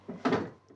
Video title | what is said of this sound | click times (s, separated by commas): Modernes Lodge-Chalet mit Grillplatz - Jenny & Dave: Alte Häuser, neuer Look - HGTV Deutschland | Einrasten lassen und los geht's. | 0.3 s